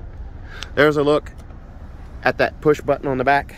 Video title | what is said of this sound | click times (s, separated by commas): 2022 VW Tiguan 2.0T SE 4Motion with Cinnamon leatherette interior | push to click in place there's | 0.6 s